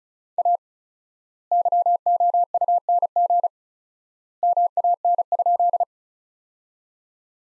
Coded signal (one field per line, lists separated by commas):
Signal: Morse code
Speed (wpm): 36 wpm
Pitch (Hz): 700 Hz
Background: none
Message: A YOUNG MAN?